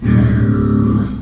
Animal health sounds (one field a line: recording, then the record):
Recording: squeal of a Yucatan mini pig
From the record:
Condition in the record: after surgery on the right vocal fold (resection and tissue-engineered implant)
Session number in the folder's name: 13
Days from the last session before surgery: 113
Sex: female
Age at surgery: 19 weeks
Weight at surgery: 25 kg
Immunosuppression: prednisolone